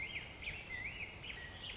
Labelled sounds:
Black-headed Grosbeak (Pheucticus melanocephalus)
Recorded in Sonoma County, California

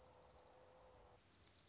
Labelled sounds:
Dark-eyed Junco (Junco hyemalis)
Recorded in Sonoma County, California

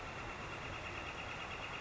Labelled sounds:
Northern Flicker (Colaptes auratus)
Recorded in Sonoma County, California

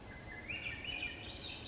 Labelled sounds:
Swainson's Thrush (Catharus ustulatus)
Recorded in Sonoma County, California

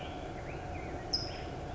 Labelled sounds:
California Towhee (Melozone crissalis)
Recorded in Sonoma County, California

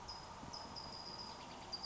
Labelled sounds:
California Towhee (Melozone crissalis)
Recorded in Sonoma County, California

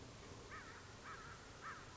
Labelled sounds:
American Crow (Corvus brachyrhynchos)
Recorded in Sonoma County, California

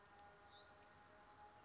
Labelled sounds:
Hutton's Vireo (Vireo huttoni)
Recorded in Sonoma County, California

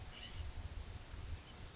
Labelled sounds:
Oak Titmouse (Baeolophus inornatus)
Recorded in Sonoma County, California

